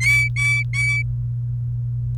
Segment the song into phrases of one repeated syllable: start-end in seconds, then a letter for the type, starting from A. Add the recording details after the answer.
0.00-1.02 A. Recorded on 29 April 2018 at 18:14. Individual llb3